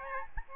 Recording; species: mosquito wingbeat signal from an infrared sensor; Aedes albopictus